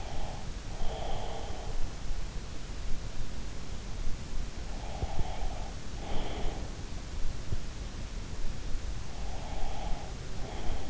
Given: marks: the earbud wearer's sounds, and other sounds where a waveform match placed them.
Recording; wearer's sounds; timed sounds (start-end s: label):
sounds in sleep by an in-ear microphone; breath
0.00-1.78 s: breath
4.82-6.65 s: breath
9.34-10.90 s: breath